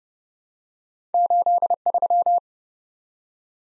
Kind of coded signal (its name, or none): Morse code